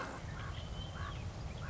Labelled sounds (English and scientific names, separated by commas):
Common Raven (Corvus corax)